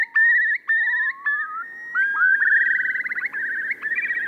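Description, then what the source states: Eurasian curlew calling, rising whistles that lead into a long warbling, bubbling trill. Call said to interweave major and minor keys thanks to a special voice box and to stop people in their tracks; species once bred on Ashdown Forest but is now gone there.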